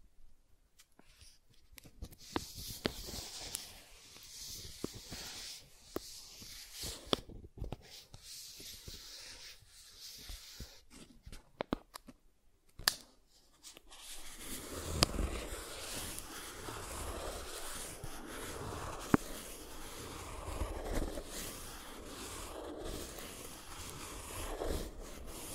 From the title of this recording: Soft Tracing on Smooth and Rough Surfaces